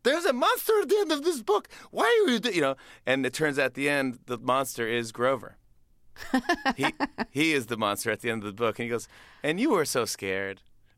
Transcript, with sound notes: there's a monster at the end of this book. Why are you - you know, and it turns out at the end, the monster is Grover.
(Laughter).
He is the monster at the end of the book. And he goes, and you were so scared.